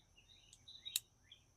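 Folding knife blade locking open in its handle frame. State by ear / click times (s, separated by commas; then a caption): seated / 1.0 s. A small locking folding knife's stainless steel blade is opened in its handle frame until the lock engages. A few faint ticks and chirpy high tones lead up to a sharp, bright click at 1.0 s as the lock snaps into place, the loudest hit in the clip. The blade is locked open.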